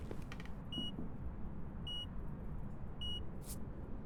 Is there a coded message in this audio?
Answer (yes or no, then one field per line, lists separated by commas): no